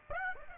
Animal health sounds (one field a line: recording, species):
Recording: mosquito wingbeat signal from an infrared sensor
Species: Aedes aegypti